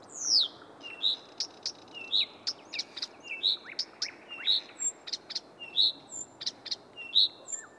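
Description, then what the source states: Blyth's Reed Warbler song of shrill, downward-sweeping whistles mixed with dry clicks, the phrases repeated many times over light background noise. Recorded around 1985 at Villähde, Lahti; shrill, very effective voice; sings by day after arriving from migration but especially at night when other birds are quiet; mimics other birds.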